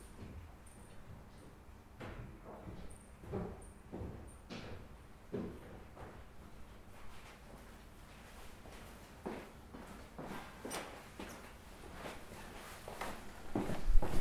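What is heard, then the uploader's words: Footsteps on library stairs land in an irregular patter, roughly one or two per second, with a steady low air-conditioning hum underneath. Faint high chirps flicker early on, and near the end a few louder knocks rise above the rest. UCL Soundscapes: Main Library, North Junction stairs. Field recording of the North Junction stairs in the Main Library. In stereo on Zoom H4N with windscreen. Footsteps, brief moments of conversations and the hum of air conditioning in the background.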